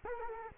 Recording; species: mosquito wingbeat signal from an infrared sensor; Culex quinquefasciatus